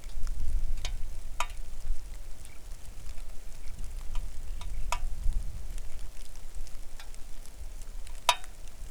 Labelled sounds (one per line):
songbird
rain